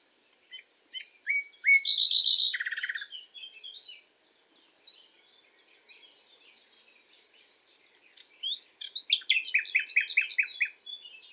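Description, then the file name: Common nightingale song: a loud buzzy pulsed trill near two seconds, softer varied chirps and whistles, then another rapid rattling trill burst toward the end. "Luscinia megarhynchos"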